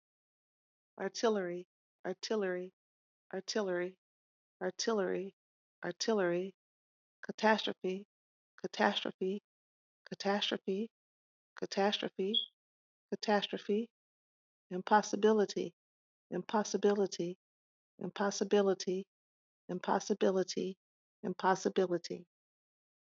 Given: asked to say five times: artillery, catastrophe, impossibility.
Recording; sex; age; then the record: three words, each repeated; female; 40 to 49 years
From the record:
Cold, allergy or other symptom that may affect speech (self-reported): no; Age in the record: 41 years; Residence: Texas, United States